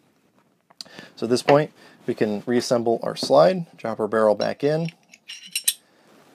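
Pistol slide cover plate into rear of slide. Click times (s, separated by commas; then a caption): 0.8 s. A pistol slide cover plate is pushed forward into the rear of the slide, past the extractor spring plunger, and snaps home with a sharp click at 0.8 s. It seats with no gap all the way around. Someone then talks.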